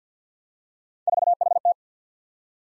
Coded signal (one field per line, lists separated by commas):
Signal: Morse code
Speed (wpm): 51 wpm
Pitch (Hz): 700 Hz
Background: none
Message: 4HT